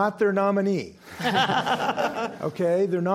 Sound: laughter

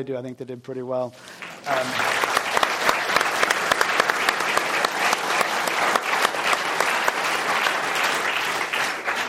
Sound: applause

